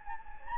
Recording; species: mosquito wingbeat signal from an infrared sensor; Anopheles gambiae